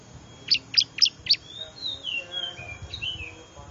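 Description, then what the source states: Bar-winged prinia giving four sharp, high, downslurred notes in quick succession, followed by soft warbling and twittering. Lure call used to attract wild small birds; local name ciblek.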